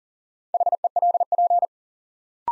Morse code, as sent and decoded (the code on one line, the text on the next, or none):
.... . .-.. .--.
HELP